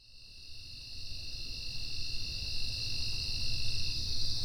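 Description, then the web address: Insect trill swelling in gradually into a dense, even high-pitched sound, with low background rumble throughout. "Soundfx IV. General Insects"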